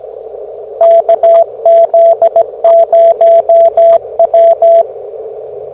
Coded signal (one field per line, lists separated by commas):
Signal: Morse code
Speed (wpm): 17 wpm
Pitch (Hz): 670 Hz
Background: radio noise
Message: KZ0W